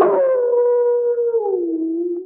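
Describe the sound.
Dog giving a single sustained tonal howl, holding steady before sliding lower and fading at the end, with no other sounds.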